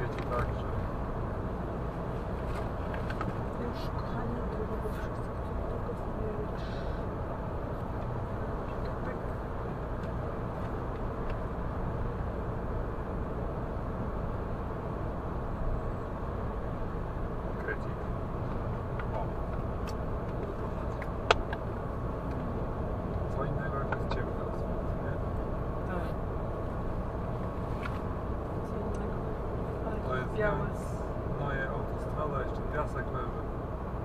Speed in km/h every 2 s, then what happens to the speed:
106, 105, 106, 105, 105, 105, 106, 106, 106, 106, 106, 105, 105, 106, 106, 106, 106.
0-34 steady at about 106.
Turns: none.